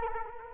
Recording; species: mosquito wingbeat signal from an infrared sensor; Culex quinquefasciatus